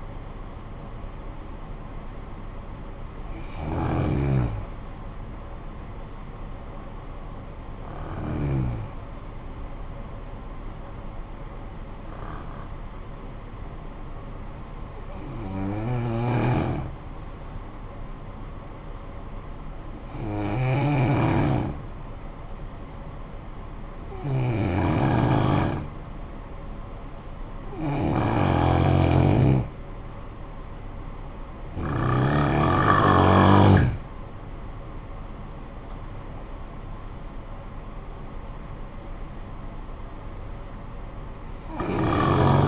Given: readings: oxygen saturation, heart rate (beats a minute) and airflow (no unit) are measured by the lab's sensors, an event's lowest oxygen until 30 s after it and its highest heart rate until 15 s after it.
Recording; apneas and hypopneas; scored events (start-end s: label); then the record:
breathing in sleep by a smartphone at the bedside; 1
8.00-28.20 s: hypopnea (N1, oxygen 96% highest, then 89% lowest, heart rate 52 at the start, 70 highest)
From the record:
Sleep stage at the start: N1 (lightest sleep); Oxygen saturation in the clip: 89 to 96%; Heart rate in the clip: 49 to 70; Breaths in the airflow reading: 9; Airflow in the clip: -10.9 to 10.9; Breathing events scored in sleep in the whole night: 445 in 7.6 hours asleep